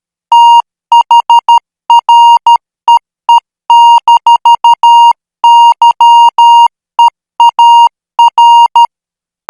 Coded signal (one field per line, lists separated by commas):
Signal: Morse code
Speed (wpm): 13 wpm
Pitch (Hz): 940 Hz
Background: music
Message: THREE-YEAR